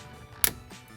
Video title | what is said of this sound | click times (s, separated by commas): How to Install the Clarifi™ High Flow Water Filtration System | place this blue locking clip up behind the gray spot there until it clicks into place, and then I like to give it just a little bit of a tug to ensure | 0.4 s